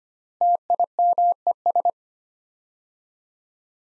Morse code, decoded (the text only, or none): TIMES